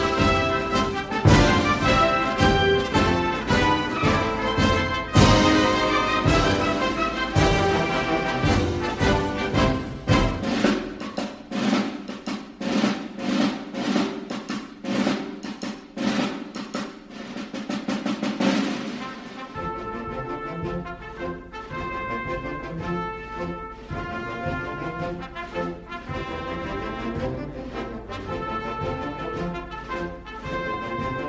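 Warm instrumental music plays throughout, with steady rhythmic hits and sustained tones for the first twenty seconds. The low end drops out around eleven seconds, then the texture shifts near twenty seconds to softer, denser chords with a quieter, smoother level.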